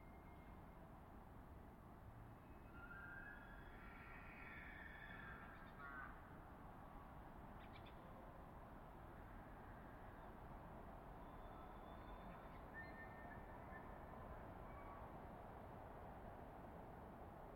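Distant bull elk bugle in thin, rising whistles, strongest around two to six seconds, over a steady low rumble of wind or traffic.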